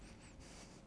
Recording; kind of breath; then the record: one breath in and out by a microphone near the nose and mouth; strong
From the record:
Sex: male